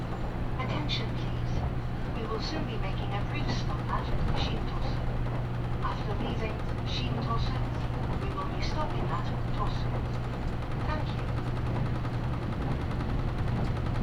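A ride aboard the limited express Midori 16 on the Nagasaki Main Line, from Saga toward Tosu. A steady low hum and dense rolling rumble run the whole time, with frequent light clicks and rattles and murmuring voices scattered across it.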